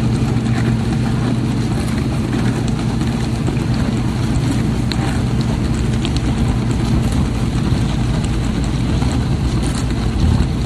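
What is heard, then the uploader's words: A dishwasher runs with a steady, dense low rumble and a constant motor hum that holds the same level throughout. Faint sloshing and light ticks flicker in the higher range now and then, but nothing breaks the even drone. Dishwasher recordings made in the kitchen by Dan Bodah at Dorchminster Mansion, November 2008.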